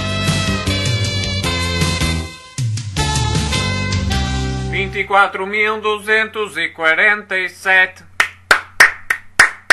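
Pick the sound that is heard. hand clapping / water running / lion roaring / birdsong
hand clapping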